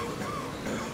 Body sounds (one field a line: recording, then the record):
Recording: coughing mixed with background sound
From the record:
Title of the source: Wet Throat Infection Cough